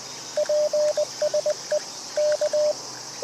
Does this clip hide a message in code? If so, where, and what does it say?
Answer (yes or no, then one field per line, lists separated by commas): yes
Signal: Morse code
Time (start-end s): 0.4-2.7 s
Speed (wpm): 20 wpm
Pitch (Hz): 590 Hz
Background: radio noise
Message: PSE K